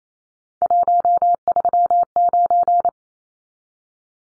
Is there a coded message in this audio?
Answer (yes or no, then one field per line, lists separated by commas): yes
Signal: Morse code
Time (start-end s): 0.6-2.9 s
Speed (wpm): 28 wpm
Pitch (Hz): 700 Hz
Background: none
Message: 139